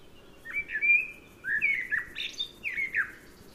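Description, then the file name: Common blackbird song: three fluted whistled phrases with slurred notes, the middle one ending in a high, scratchy twitter. "Turdus merula"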